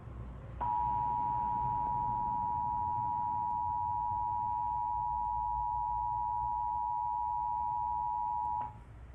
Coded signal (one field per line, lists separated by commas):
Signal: Emergency Alert System (SAME) tones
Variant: 853 and 960 Hz attention tone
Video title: EAS 63: Child Abduction Emergency For Berks PA (8/31/22)